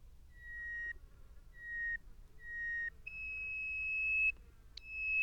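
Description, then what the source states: Bird song: three flat whistled notes near the same pitch, each about half a second, then a long higher steady whistle lasting over a second, followed by a brief sharp note and another whistle. Song given in flight over a sand desert.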